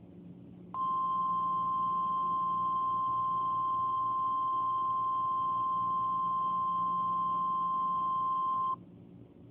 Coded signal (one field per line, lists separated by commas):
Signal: Emergency Alert System (SAME) tones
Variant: 1050 Hz attention tone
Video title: Real EAS Flash Flood Warning in Colorado Springs, CO (7-31-2021)